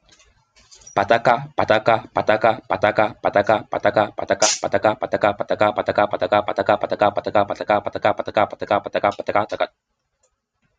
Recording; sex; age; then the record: repeated syllables /pa ta ka/; male; 20 to 29 years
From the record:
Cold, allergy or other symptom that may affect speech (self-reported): yes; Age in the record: 25 years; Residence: New York, United States